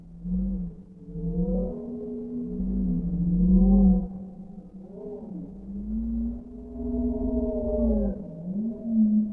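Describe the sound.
Whale vocalizing continuously, wavering harmonic tones that rise and fall in smooth arcs.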